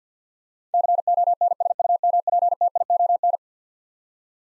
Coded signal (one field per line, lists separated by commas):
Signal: Morse code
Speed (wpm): 49 wpm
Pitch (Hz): 700 Hz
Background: none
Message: CONSUMPTION